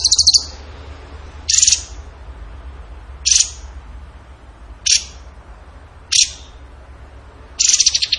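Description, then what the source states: Bird song: six short, very high, buzzy bursts spaced about every one and a half seconds, with a low steady hum underneath. Tembakan gacor song style, used as masteran to train other songbirds.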